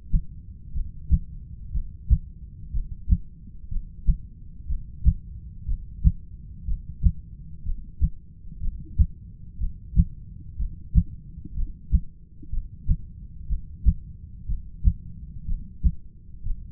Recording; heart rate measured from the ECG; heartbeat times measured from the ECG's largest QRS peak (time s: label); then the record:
heart sounds by stethoscope; 61 bpm
0.73 s: heartbeat
1.72 s: heartbeat
2.72 s: heartbeat
3.69 s: heartbeat
4.67 s: heartbeat
5.66 s: heartbeat
6.66 s: heartbeat
7.64 s: heartbeat
8.60 s: heartbeat
9.58 s: heartbeat
10.57 s: heartbeat
11.54 s: heartbeat
12.50 s: heartbeat
13.48 s: heartbeat
14.47 s: heartbeat
15.46 s: heartbeat
16.43 s: heartbeat
From the record:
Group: heart failure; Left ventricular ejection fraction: 25%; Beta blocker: metoprolol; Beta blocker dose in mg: 62.5 twice daily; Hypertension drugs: ramipril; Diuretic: furosemide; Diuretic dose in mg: 40 twice daily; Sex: male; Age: 57 years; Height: 180 cm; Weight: 90.5 kg